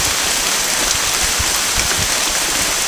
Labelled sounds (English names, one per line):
none